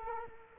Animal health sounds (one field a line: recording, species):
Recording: mosquito wingbeat signal from an infrared sensor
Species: Culex quinquefasciatus